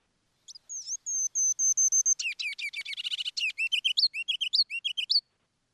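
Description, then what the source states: Ruby-crowned kinglet song: thin high introductory notes, a fast bubbly twittering run, then repeated lower phrases, all rapid and bright. Tiny bird passing through Wisconsin for about three weeks on migration to nest in Canada; bubbly song remembered as see see see, look at me, look at me, look at me.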